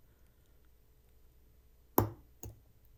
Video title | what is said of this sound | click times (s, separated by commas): Restoring a Quirky Vintage Tissot Seastar Wristwatch | And you heard it click there. | 2.0 s